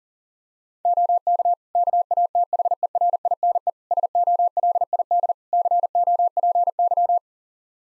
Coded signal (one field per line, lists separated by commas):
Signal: Morse code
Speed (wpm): 37 wpm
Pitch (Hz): 700 Hz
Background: none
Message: OK KATHERINE SOLID COPY